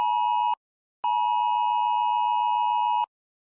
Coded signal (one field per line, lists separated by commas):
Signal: Emergency Alert System (SAME) tones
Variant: 853 and 960 Hz attention tone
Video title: Eas scenario